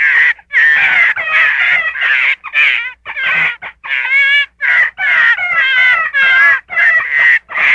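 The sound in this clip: Gray fox giving loud, raspy, quavering screams in quick succession, each burst wobbling in pitch, nearly continuous throughout.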